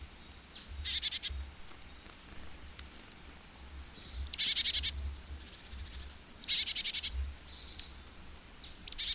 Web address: agykontroll Madardalok Cd 1. Barátcinege